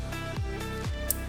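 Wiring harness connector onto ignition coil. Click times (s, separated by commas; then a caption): 1.1 s. On a 2012-2016 Honda CR-V, after the spark plug change on the fourth cylinder, the plastic wiring harness connector is pushed onto the ignition coil over steady background music. A sharp click is heard at 1.1 s as the connector seats properly.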